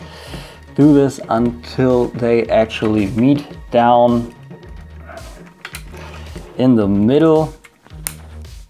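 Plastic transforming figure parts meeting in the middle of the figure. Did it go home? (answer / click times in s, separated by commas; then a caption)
yes / 8.1 s. Someone talks while bringing two plastic halves of a transforming figure (TTHongli Red Falcon, a third-party T-Beast Starscream) down until they meet in the middle of the figure. There are a couple of soft handling knocks around 5.7 s, then a sharp, bright click at 8.1 s as the halves seat and click into place.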